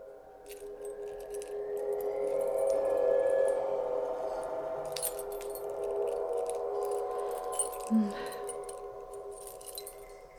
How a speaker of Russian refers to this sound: Сгорая от стыда, я собрала все ключи и решила просмотреть все, что хранится в ящиках его стола.